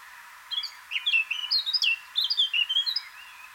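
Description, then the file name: Eurasian blackcap delivering a hurried, varied warble of clear and slurred notes, steady for about two and a half seconds. "Sylvia atricapilla"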